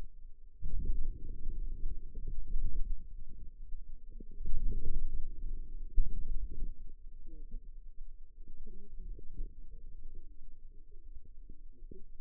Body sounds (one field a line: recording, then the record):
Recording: forearm muscle sounds (acoustic myography)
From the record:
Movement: outward rotation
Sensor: system 2, bracelet of six BSWA MPA416 microphones around the upper forearm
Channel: 6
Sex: female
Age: 21 years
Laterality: right